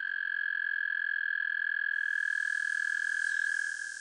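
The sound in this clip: American toad trill: a long, steady, even-pitched musical trill held throughout, with a faint hiss joining halfway.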